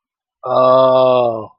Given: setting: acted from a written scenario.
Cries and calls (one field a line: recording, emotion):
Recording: vocal sound without words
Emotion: realization